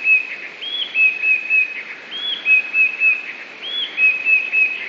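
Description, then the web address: Eurasian blue tit song in three regular phrases, a swooping high note dropping into three or four pure, flat whistles, each about one and a half seconds apart. "wroblowe teka 2 spiew. modraszkoteka"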